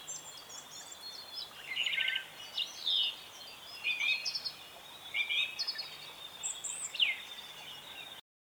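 Thrush singing a series of varied, clear whistled phrases, each brief and separated by short pauses, some slurred downward, over a faint steady hiss.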